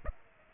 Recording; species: mosquito wingbeat signal from an infrared sensor; Aedes aegypti